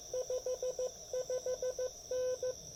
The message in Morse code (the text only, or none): 55N